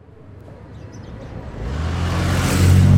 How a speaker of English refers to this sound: Wow, an Aston Martin. That's a really expensive car.